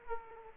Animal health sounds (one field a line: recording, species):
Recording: mosquito wingbeat signal from an infrared sensor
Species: Aedes aegypti